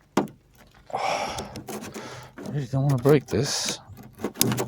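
A plastic number-two adapter piece is pressed into the mount of a Bosch Aero Twin AP 26 U windscreen wiper blade, with its arrow facing the right way, while someone talks. A single sharp, loud snap at 4.4 s marks the adapter clicking into place, and it is seated.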